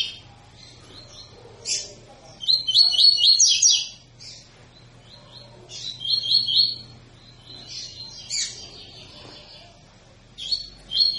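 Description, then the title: Double-collared seedeater song in broken phrases of high buzzy repeated notes with irregular gaps; low steady hum underneath. Tui-tui song type from a 'fibra' coleiro; teacher song used to train young birds. "COLEIRO TUI TUI FIBRA CANTO PROFESSOR"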